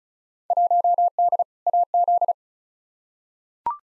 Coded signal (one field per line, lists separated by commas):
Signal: Morse code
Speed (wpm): 36 wpm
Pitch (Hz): 700 Hz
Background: none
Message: 1D AZ